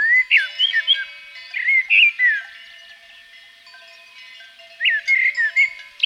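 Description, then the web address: Common blackbird song in short bursts of looping, melodious whistles, a long quiet gap, then another burst of fluted notes. Blackbird recorded in Provence. "A természet hangjai 06-A provence-i feketerigó"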